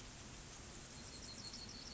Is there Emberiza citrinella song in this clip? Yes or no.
no